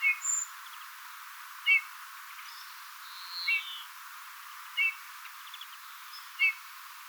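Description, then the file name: Eurasian bullfinch uttering short soft piping calls roughly every one and a half seconds, with faint high ticking and a brief higher chirp in the background. "Pyrrhula pyrrhula"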